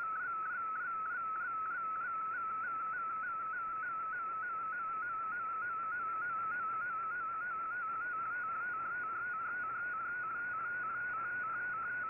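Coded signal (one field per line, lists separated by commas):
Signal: multi-tone FSK (Olivia or MFSK type)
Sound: a warbling tone hopping quickly between close pitches, steady over hiss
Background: radio static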